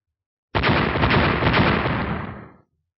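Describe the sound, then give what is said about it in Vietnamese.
A loud burst of three explosions in quick succession erupts suddenly, the blasts running together into one continuous, rumbling roar that holds for about two seconds before cutting off, amid a battle. “Ba tiếng nổ vang liên tục nhất thời hấp dẫn sự chú ý của tất cả mọi người đang giao chiến xung quanh.”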